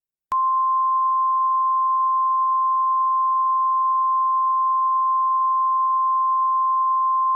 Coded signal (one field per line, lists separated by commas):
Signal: Emergency Alert System (SAME) tones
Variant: 1050 Hz attention tone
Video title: EAS Halloween Special - Triple Threat: Tornado x Creepypasta